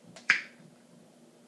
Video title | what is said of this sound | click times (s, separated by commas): 5 Chicken Meals assembled for your Freezer to go in the Slow Cooker later | just open this one you hear the pop yumminess | 0.3 s